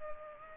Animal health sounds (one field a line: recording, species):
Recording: mosquito wingbeat signal from an infrared sensor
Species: Culex pipiens